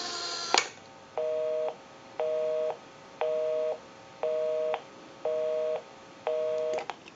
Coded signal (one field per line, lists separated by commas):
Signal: telephone call progress tone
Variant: North America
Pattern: busy tone